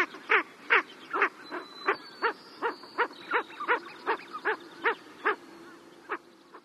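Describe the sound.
Ring-necked duck calling in a series of harsh, clipped notes, less regular and softening toward the end, with a faint thin high tone heard briefly in the background.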